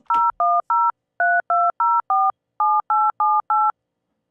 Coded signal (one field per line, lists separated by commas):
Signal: DTMF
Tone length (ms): 230 ms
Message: 01032047878